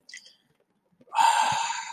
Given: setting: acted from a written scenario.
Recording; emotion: vocal sound without words; serenity